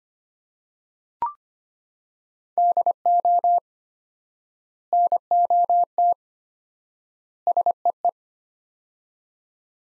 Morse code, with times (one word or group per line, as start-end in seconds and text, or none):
2.6-3.6 DO
4.9-6.1 NOT
7.5-8.1 SEE